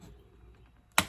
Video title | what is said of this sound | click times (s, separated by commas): Mercedes benz c300 - Battery and LED DRL replacement | just enough to hear that click okay | 1.0 s